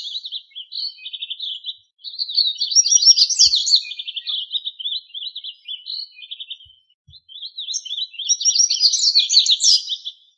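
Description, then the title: Bird singing a long, rapid warble of high chirps and buzzy trills, with two brief pauses before the jumbled phrases resume. "LuckyPassaros CompletosSama"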